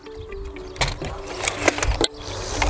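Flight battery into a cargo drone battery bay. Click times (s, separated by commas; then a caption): 2.0 s. The second flight battery is slid into the battery bay of a DJI FlyCart 30 cargo drone and pushed until it latches, over a steady tonal hum and rustling slide noise. Several sharp clicks and knocks come as it goes in, with the loudest latch click at 2.0 s. The battery is seated and tightly locked, which the drone needs before it is allowed to take off.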